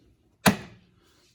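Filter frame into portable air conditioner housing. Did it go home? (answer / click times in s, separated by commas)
yes / 0.5 s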